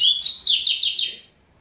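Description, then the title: Double-collared seedeater song: a clean, fast series of high, sliding chirped notes lasting just over a second, then silence. "Canto Coleiro"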